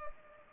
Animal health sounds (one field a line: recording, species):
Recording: mosquito wingbeat signal from an infrared sensor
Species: Culex pipiens